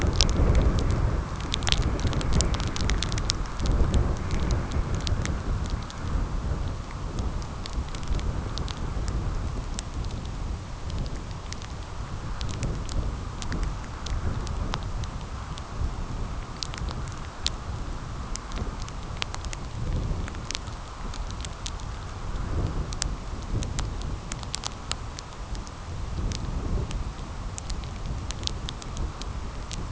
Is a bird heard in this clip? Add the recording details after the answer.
no. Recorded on Arctic tundra, site CORI-1, on 15 June 2018. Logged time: 12:00